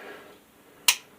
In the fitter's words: gives it that nice clicky sound